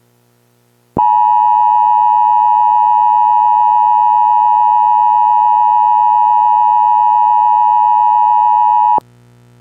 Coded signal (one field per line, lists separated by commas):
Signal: Emergency Alert System (SAME) tones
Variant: 853 and 960 Hz attention tone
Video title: EAS Scenario #7 - World War III(Part One)